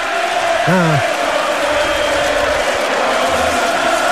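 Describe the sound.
An audience cheers and applauds in a dense, steady roar of crowd noise, with one voice letting out a short rising-and-falling shout near the start.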